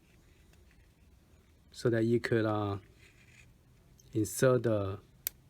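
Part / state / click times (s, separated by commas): ribbon cable into board connector latch / seated / 5.3 s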